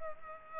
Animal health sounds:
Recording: mosquito wingbeat signal from an infrared sensor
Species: Culex pipiens

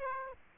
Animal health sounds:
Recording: mosquito wingbeat signal from an infrared sensor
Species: Aedes aegypti

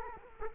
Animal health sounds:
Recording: mosquito wingbeat signal from an infrared sensor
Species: Culex quinquefasciatus

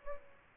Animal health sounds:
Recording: mosquito wingbeat signal from an infrared sensor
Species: Aedes albopictus

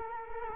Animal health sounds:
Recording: mosquito wingbeat signal from an infrared sensor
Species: Culex quinquefasciatus

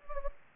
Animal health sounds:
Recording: mosquito wingbeat signal from an infrared sensor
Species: Anopheles gambiae

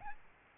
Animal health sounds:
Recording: mosquito wingbeat signal from an infrared sensor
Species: Aedes albopictus

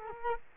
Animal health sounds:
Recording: mosquito wingbeat signal from an infrared sensor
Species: Culex quinquefasciatus

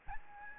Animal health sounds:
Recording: mosquito wingbeat signal from an infrared sensor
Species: Aedes albopictus

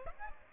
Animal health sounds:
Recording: mosquito wingbeat signal from an infrared sensor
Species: Aedes aegypti

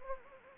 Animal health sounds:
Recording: mosquito wingbeat signal from an infrared sensor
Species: Anopheles gambiae

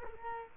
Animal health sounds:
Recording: mosquito wingbeat signal from an infrared sensor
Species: Culex quinquefasciatus

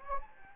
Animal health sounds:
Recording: mosquito wingbeat signal from an infrared sensor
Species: Anopheles gambiae

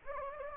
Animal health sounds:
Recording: mosquito wingbeat signal from an infrared sensor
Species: Anopheles gambiae

